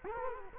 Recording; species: mosquito wingbeat signal from an infrared sensor; Culex quinquefasciatus